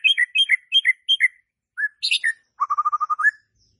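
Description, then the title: White-rumped shama song: a two-note whistled phrase repeated four times, a brief harsh burst, then a rapid even trill with a rising end. Lure song played to provoke stressed, stuck (non-singing) birds into singing. "PANCINGAN Murai Batu STRES & MACET"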